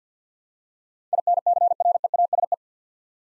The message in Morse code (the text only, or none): INCREASE